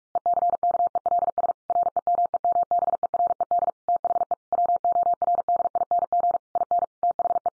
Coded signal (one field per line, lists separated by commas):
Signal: Morse code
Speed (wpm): 44 wpm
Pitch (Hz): 700 Hz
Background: none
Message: ECKELS REMEMBERED THE WORDING IN THE